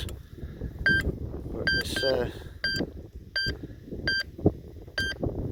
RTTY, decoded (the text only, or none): none